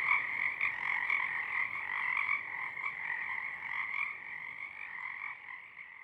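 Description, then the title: Pacific chorus frogs in a dense croaking chorus that gradually grows quieter toward the end, individual raspy calls still overlapping. Many frogs in full chorus at dusk; downmixed to stereo from a double mid-side recording, with a parabolic track also made. "Pacific Chorus Frogs (Pseudacris regilla), dusk"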